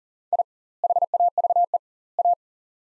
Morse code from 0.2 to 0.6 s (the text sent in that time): I